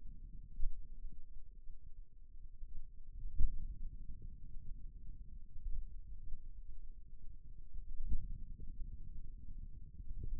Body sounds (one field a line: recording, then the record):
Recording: forearm muscle sounds (acoustic myography)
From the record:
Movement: pen grasping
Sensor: system 2, bracelet of six BSWA MPA416 microphones around the upper forearm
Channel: 3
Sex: male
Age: 22 years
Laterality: right